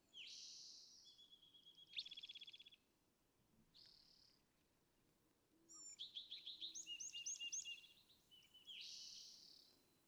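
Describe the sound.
California thrasher song: separate bursts of buzzy trills, whistled slurs and a quick run of repeated squeaky notes, with a soft hiss of background noise.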